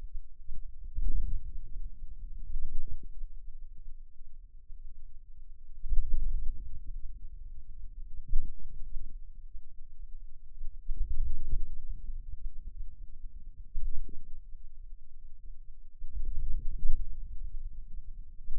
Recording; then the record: forearm muscle sounds (acoustic myography)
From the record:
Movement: ulnar deviation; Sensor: system 2, bracelet of six BSWA MPA416 microphones around the upper forearm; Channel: 5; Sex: male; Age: 22 years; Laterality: right